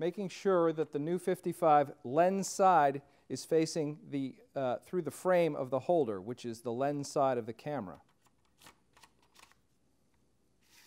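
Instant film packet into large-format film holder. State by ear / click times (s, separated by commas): not seated / none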